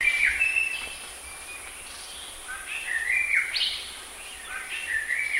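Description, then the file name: Crow giving harsh caws in uneven runs, against a continuous high whine in the background. "sg gagak"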